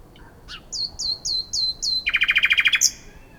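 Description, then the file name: Common nightingale song: five clear, descending whistled notes in steady succession, then a fast, loud, rattling trill of about ten pulses ending in a high squeak. "Luscinia megarhynchos"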